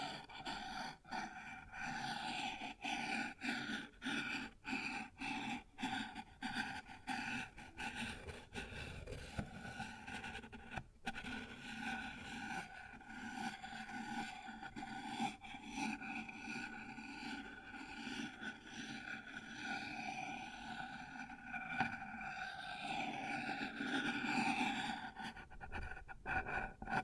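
Something is worked over a wooden surface, rubbing and scraping continuously for the whole stretch. Sharp clicks and taps break in frequently, thickest in the first half, with a steady midrange grinding tone and a low rumble underneath.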